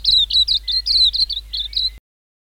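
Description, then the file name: White-eye singing a brief run of bright, jumbled chirps and slurred notes, stopping abruptly after two seconds, with a faint low hum. "suara-kicauan-burung-kacamata-perak -omkicau"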